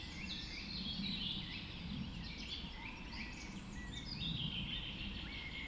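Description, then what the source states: Dawn chorus with many birds singing at once, a dense tangle of high warbled and chirped phrases over a constant low rumble. Dawn chorus just after dawn in the Forest of Dean.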